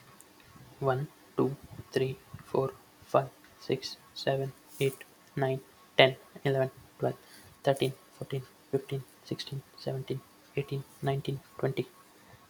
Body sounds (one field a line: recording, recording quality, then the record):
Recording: counting at a normal pace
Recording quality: excellent, no background noise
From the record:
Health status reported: healthy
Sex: male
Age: 22 years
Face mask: not worn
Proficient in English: yes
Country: India